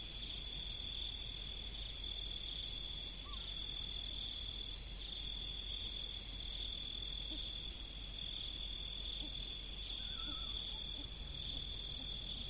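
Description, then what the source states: Insects chirping in a rhythmic, pulsing high chorus over a steady whine, with a faint falling lower call near the end. Recorded in the prairie.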